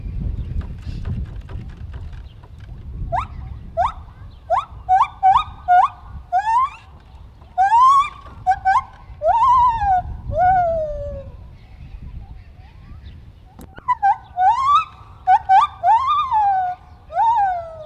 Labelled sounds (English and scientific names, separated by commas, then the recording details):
Lar Gibbon (Hylobates lar)
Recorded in captivity
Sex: male
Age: adult
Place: Tierpark Berlin, Berlin, DE
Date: 1974-07-20
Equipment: Uher 4200 Report Stereo, Verstärker, Sennheiser MD 421
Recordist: Tembrock, Günter